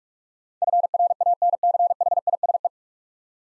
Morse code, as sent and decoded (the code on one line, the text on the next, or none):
..-. .-. .- -. -.-. .... .. ... .
FRANCHISE